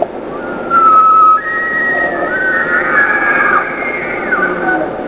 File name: American Elk Bugling